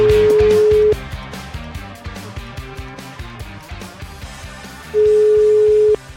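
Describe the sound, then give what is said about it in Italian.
Two long, steady telephone ringing tones, each about a second, separated by a four-second pause, sounding loud and level over rhythmic background music, as the radio show La Zanzara places a call to councillor Maria Carmela Rozza of the Partito Democratico. “Facciamo una telefonatina.”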